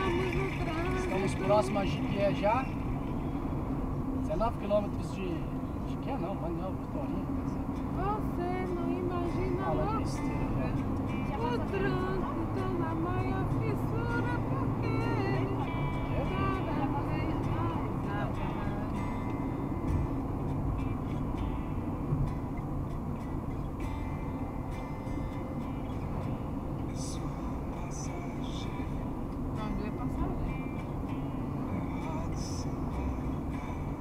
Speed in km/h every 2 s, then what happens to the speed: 99, 96, 95, 100, 107, 112, 117, 118, 110, 102, 96, 90, 87, 89, 91, 89, 89.
0-5 steady at about 96. 5-14 speeds up to 118. 14-22 brakes to 90. 22-34 steady at about 89.